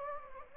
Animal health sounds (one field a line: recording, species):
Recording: mosquito wingbeat signal from an infrared sensor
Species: Anopheles gambiae